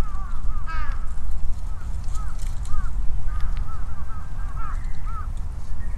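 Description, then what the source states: Crows calling with short harsh caws and softer answering calls throughout, over heavy low rumble from vehicles. Crows calling and responding to each other at Sunday noon in Ichimiyake, Yasu City, Shiga Prefecture, Japan, over vehicle rumble; Sony PCM-M10, omnidirectional mics on bicycle handlebar bag.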